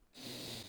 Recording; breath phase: one breath near a microphone; inhalation